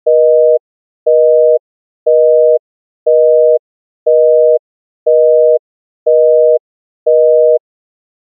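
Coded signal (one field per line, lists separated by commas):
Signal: telephone call progress tone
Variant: North America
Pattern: busy tone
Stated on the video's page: Busy phone tone sound effect.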